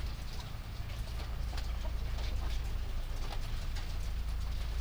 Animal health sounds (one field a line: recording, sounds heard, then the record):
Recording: poultry house recording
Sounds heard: sick chickens (respiratory disease)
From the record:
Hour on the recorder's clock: 21